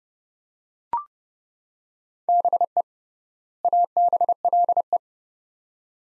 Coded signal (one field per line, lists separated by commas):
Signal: Morse code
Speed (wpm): 30 wpm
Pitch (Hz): 700 Hz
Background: none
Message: BE ABLE